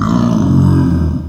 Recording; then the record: squeal of a Yucatan mini pig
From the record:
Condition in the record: after surgery on the right vocal fold (resection and tissue-engineered implant); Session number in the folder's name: 13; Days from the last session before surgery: 113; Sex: female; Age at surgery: 19 weeks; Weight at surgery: 25 kg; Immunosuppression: prednisolone